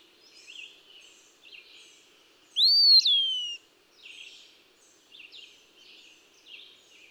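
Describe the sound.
Eastern wood-pewee giving a single loud whistle that climbs and then slides steadily downward, against repeated soft high notes throughout.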